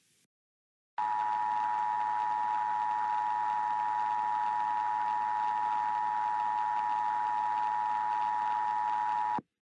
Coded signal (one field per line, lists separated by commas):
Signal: Emergency Alert System (SAME) tones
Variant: 853 and 960 Hz attention tone